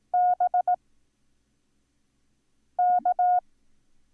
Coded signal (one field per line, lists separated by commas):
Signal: Morse code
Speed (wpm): 18 wpm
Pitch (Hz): 720 Hz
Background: none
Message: B K